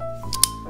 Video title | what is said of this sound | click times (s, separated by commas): Which Civivi Button Lock is Best? **RANKED** | little, you can hear that just lock up. | 0.4 s